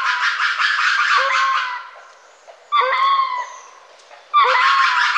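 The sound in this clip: Lemur calls, a loud harsh chorus burst that fades, then a single wail, then another loud burst.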